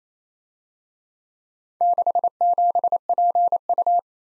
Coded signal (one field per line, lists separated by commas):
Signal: Morse code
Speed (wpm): 31 wpm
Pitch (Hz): 700 Hz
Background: none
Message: 67PU